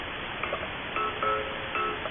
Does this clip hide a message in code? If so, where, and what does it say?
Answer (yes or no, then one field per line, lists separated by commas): no